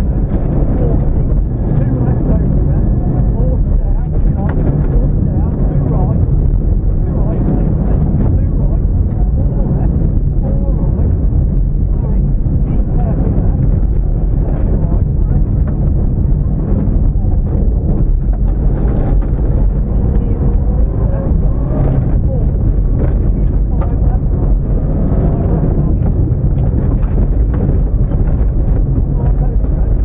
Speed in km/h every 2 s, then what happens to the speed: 114, 113, 108, 113, 116, 105, 85, 84, 55, 45, 47, 66, 77, 74, 64.
4-9 steady at about 113. 9-18 brakes to 45. 18-25 speeds up to 77. 25-27 brakes to 64.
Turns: 14-20, 20-30.